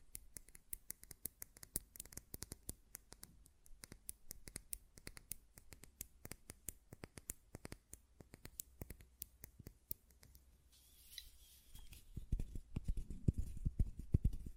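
Glass perfume bottle tapped in quick, irregular clicks for ten seconds, then a brief rustle and louder low thumps and scraping from the lid.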